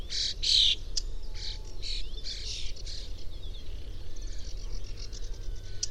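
Bird calls: a quick burst of sharp chirps at the start, then softer scattered notes and faint trills over a constant low background rumble.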